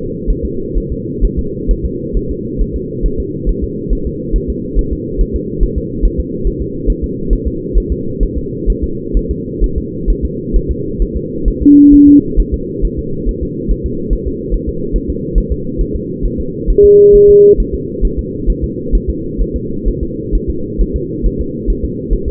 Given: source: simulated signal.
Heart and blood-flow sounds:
fetal heart sounds
0.30 s: S1
0.45 s: S2
0.77 s: S1
0.92 s: S2
1.25 s: S1
1.39 s: S2
1.71 s: S1
1.85 s: S2
2.17 s: S1
2.31 s: S2
2.61 s: S1
2.76 s: S2
3.06 s: S1
3.20 s: S2
3.49 s: S1
3.64 s: S2
3.93 s: S1
4.07 s: S2
4.36 s: S1
4.50 s: S2
4.79 s: S1
4.93 s: S2
5.21 s: S1
5.36 s: S2
5.63 s: S1
5.78 s: S2
6.05 s: S1
6.20 s: S2
6.47 s: S1
6.62 s: S2
6.90 s: S1
7.04 s: S2
7.33 s: S1
7.47 s: S2
7.77 s: S1
7.92 s: S2
8.23 s: S1
8.38 s: S2
8.70 s: S1
8.84 s: S2
9.17 s: S1
9.31 s: S2
9.64 s: S1
9.78 s: S2
10.10 s: S1
10.25 s: S2
10.56 s: S1
10.71 s: S2
11.02 s: S1
11.17 s: S2
11.48 s: S1
11.62 s: S2
11.94 s: S1
12.08 s: S2
12.40 s: S1
12.54 s: S2
12.85 s: S1
12.99 s: S2
13.29 s: S1
13.43 s: S2
13.71 s: S1
13.86 s: S2
14.13 s: S1
14.27 s: S2
14.54 s: S1
14.69 s: S2
14.96 s: S1
15.10 s: S2
15.38 s: S1
15.52 s: S2
15.81 s: S1
15.96 s: S2
16.25 s: S1
16.40 s: S2
16.70 s: S1
16.85 s: S2
17.15 s: S1
17.30 s: S2
17.60 s: S1
17.75 s: S2
18.05 s: S1
18.19 s: S2
18.50 s: S1
18.64 s: S2
18.95 s: S1
19.09 s: S2
19.41 s: S1
19.56 s: S2
19.88 s: S1
20.03 s: S2
20.35 s: S1
20.50 s: S2
20.81 s: S1
20.96 s: S2
21.26 s: S1
21.41 s: S2
21.70 s: S1
21.85 s: S2
22.13 s: S1
22.28 s: S2
From the record:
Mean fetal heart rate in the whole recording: 135 bpm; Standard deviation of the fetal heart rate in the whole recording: 3 bpm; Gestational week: 36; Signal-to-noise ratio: -6.6 dB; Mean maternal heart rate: 72 bpm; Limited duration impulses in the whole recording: present

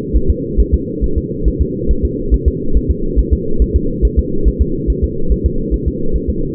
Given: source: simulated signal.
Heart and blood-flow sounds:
fetal heart sounds
0.16 s: S1
0.30 s: S2
0.60 s: S1
0.74 s: S2
1.04 s: S1
1.18 s: S2
1.48 s: S1
1.61 s: S2
1.91 s: S1
2.05 s: S2
2.34 s: S1
2.48 s: S2
2.77 s: S1
2.91 s: S2
3.19 s: S1
3.33 s: S2
3.62 s: S1
3.76 s: S2
4.05 s: S1
4.19 s: S2
4.48 s: S1
4.61 s: S2
4.90 s: S1
5.04 s: S2
5.32 s: S1
5.46 s: S2
5.74 s: S1
5.88 s: S2
6.16 s: S1
6.29 s: S2
From the record:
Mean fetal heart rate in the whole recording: 140 bpm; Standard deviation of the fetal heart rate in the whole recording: 2 bpm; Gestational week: 34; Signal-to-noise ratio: -8.1 dB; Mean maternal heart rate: 72 bpm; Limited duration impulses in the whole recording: absent

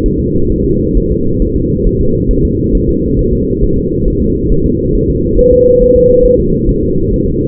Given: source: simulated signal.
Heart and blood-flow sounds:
fetal heart sounds
0.06 s: S1
0.20 s: S2
0.52 s: S1
0.66 s: S2
0.97 s: S1
1.12 s: S2
1.42 s: S1
1.56 s: S2
1.87 s: S1
2.01 s: S2
2.31 s: S1
2.45 s: S2
2.75 s: S1
2.89 s: S2
3.19 s: S1
3.33 s: S2
3.63 s: S1
3.78 s: S2
4.08 s: S1
4.22 s: S2
4.52 s: S1
4.66 s: S2
4.96 s: S1
5.10 s: S2
5.39 s: S1
5.53 s: S2
5.82 s: S1
5.96 s: S2
6.25 s: S1
6.40 s: S2
6.69 s: S1
6.83 s: S2
7.13 s: S1
7.28 s: S2
From the record:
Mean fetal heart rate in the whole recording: 135 bpm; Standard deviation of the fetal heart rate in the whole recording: 3 bpm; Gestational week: 36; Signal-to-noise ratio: -15.3 dB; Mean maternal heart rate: 72 bpm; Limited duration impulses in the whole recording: present

